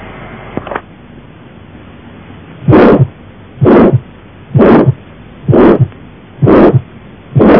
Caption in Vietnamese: Tiếng thổi tâm thu tống máu, thô.